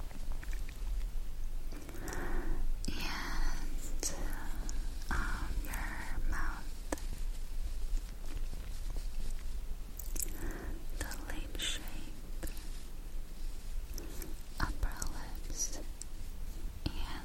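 Soft whispering runs through the face tracing and touching, broken by brief crisp taps and rustles every second or so over a constant low hum.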